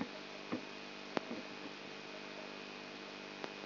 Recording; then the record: brain microelectrode recording played as sound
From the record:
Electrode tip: outside the subthalamic nucleus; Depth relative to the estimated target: -8 mm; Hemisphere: left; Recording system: AlphaMap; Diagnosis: Parkinson's disease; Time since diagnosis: 12 years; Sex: female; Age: 59 years